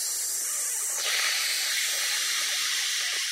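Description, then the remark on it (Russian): Steam hisses steadily from a locomotive called Madame Hortense as more steam is given: a broad, airy rush that swells noticeably louder about a third of the way in and then holds as a sustained hiss with no voices. “А ты, Саймон, слегка прибавь мадам пару.”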